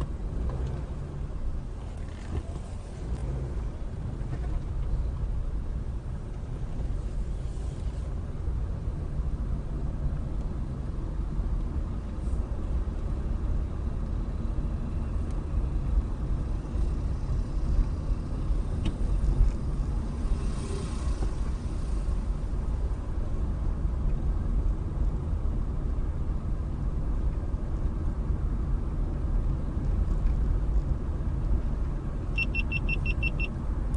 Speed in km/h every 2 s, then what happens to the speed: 13, 8, 10, 15, 18, 21, 23, 24, 24, 24, 21, 23, 24, 24, 24, 26, 26.
4-13 speeds up to 24. 13-34 steady at about 24.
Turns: 0-3, 5-10.